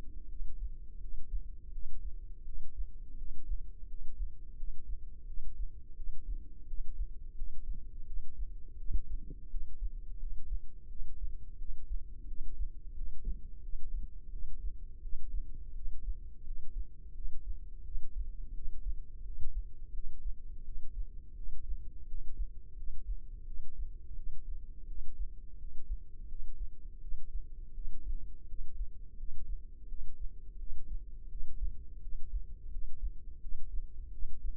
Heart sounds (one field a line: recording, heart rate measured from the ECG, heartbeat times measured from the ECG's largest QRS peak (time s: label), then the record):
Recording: heart sounds by microphone in the left ear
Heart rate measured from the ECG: 85 bpm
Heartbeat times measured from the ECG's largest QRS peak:
0.26 s: heartbeat
0.98 s: heartbeat
1.70 s: heartbeat
2.43 s: heartbeat
3.15 s: heartbeat
3.86 s: heartbeat
4.55 s: heartbeat
5.25 s: heartbeat
5.94 s: heartbeat
6.65 s: heartbeat
7.33 s: heartbeat
8.04 s: heartbeat
8.75 s: heartbeat
9.48 s: heartbeat
10.17 s: heartbeat
10.86 s: heartbeat
11.56 s: heartbeat
12.25 s: heartbeat
12.93 s: heartbeat
13.60 s: heartbeat
14.29 s: heartbeat
15.00 s: heartbeat
15.72 s: heartbeat
16.42 s: heartbeat
17.12 s: heartbeat
17.82 s: heartbeat
18.52 s: heartbeat
19.22 s: heartbeat
19.91 s: heartbeat
20.62 s: heartbeat
21.33 s: heartbeat
22.05 s: heartbeat
22.74 s: heartbeat
23.44 s: heartbeat
24.13 s: heartbeat
24.85 s: heartbeat
25.56 s: heartbeat
26.26 s: heartbeat
26.99 s: heartbeat
27.72 s: heartbeat
28.45 s: heartbeat
29.15 s: heartbeat
29.86 s: heartbeat
30.56 s: heartbeat
31.27 s: heartbeat
31.99 s: heartbeat
32.68 s: heartbeat
33.39 s: heartbeat
34.09 s: heartbeat
From the record:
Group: healthy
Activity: cold pressor test 0-33 s, rest 33-35 s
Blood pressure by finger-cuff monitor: 68/48 mmHg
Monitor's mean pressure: 55 mmHg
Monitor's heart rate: 86 bpm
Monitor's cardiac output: 6.6 L/min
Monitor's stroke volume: 77 mL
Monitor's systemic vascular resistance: 580 dyn s/cm5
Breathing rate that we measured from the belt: 19 breaths a minute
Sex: female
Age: 19 years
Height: 163 cm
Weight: 48.9 kg